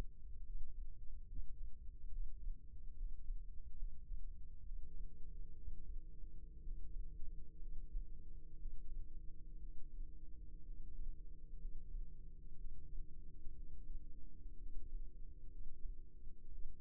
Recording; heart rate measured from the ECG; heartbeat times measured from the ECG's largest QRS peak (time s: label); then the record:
heart sounds by microphone in the left ear; 64 bpm
0.46 s: heartbeat
1.27 s: heartbeat
2.11 s: heartbeat
2.97 s: heartbeat
3.78 s: heartbeat
4.64 s: heartbeat
5.56 s: heartbeat
6.63 s: heartbeat
7.62 s: heartbeat
8.58 s: heartbeat
9.60 s: heartbeat
10.65 s: heartbeat
11.61 s: heartbeat
12.57 s: heartbeat
13.56 s: heartbeat
14.59 s: heartbeat
15.51 s: heartbeat
16.51 s: heartbeat
From the record:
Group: healthy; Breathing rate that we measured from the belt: 16 breaths a minute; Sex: male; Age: 22 years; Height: 181 cm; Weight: 79 kg